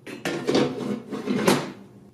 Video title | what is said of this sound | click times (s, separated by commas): Black Decker Oil Free Air Fryer Review | sure you hear that click and that means that the basket is locked into place | 0.2 s, 1.5 s